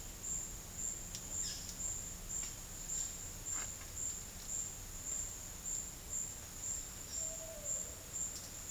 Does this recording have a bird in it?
yes